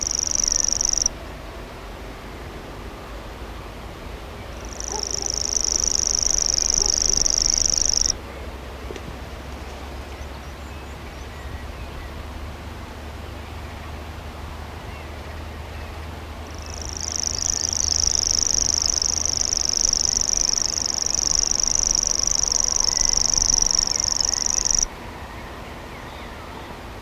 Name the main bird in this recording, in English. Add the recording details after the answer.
Common Grasshopper Warbler. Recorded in the wild. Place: Schweinsberg, DE. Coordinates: 50.7678, 8.98222. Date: 1964-04-21 20:00. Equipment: Uher Report 4000, AKG D190. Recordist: Krey, Winfried